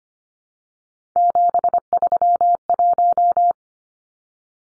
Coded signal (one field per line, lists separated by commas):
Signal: Morse code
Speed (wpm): 25 wpm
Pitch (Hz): 700 Hz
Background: none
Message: 731